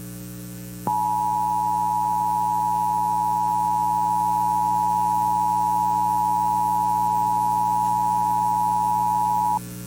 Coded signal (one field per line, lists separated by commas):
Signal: Emergency Alert System (SAME) tones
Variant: 853 and 960 Hz attention tone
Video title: 2 Monthlies And A Weekly Test (EAS #16233-16235) 2/20/24